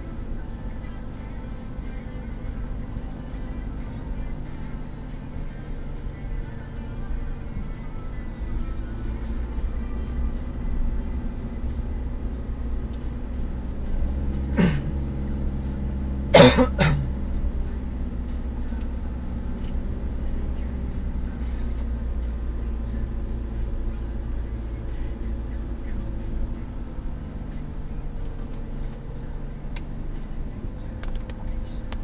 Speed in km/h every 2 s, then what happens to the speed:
14, 13, 13, 11, 13, 14, 12, 14, 13, 15, 15, 15, 16, 12, 14, 14.
0-32 steady at about 14.